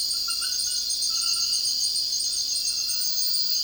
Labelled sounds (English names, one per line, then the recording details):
none
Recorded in dense forest near Puerto Asís, Putumayo, Colombia, on 19 February 2024 at 02:30
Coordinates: 0.481, -76.318
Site G6421